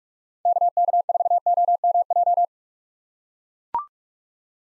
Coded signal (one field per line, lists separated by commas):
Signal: Morse code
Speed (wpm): 41 wpm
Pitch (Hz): 700 Hz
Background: none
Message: KK4OMJ